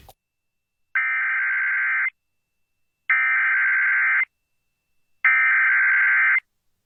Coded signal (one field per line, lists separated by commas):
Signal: Emergency Alert System (SAME) tones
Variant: header bursts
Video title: EAS #233: Observed Tornado Warning For Greene, Pickens and Tuscaloosa Alabama Counties